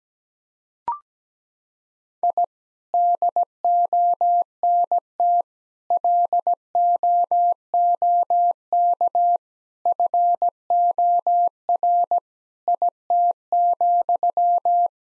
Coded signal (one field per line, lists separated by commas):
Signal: Morse code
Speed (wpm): 17 wpm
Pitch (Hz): 700 Hz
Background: none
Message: I DONT LOOK FOR IT,